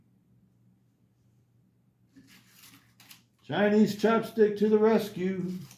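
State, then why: Not seated. An alignment pin is being pushed with a chopstick into the carbon-fiber handle scale of a Demko Shark-Cub folding knife. After near silence, faint handling noises start around 2.2 s, with a short knock near 3.0 s, and then someone talks from about 3.5 s to the end. The pin has not yet seated or clicked home by the end of the clip.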